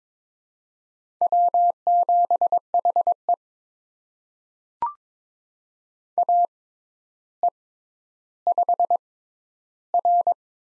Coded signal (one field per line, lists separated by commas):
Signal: Morse code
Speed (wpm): 22 wpm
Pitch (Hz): 700 Hz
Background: none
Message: W7HE AE5R